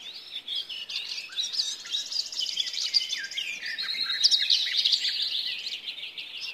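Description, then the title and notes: Garden Warbler song: a long, hurried, flowing warble of tumbling varied notes, sustained throughout with no breaks. Song fast-paced and flute-like. "Lehtokerttu. Risto Nevanlinna"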